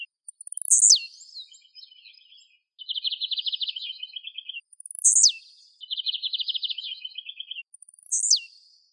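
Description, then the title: Bird singing a repeated phrase of a high, steeply descending whistle followed by a fast, buzzy trill, given about every four seconds. "LuckyPassaros CompletosSama"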